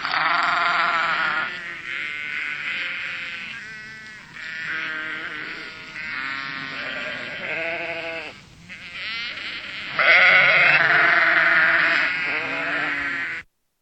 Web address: sheep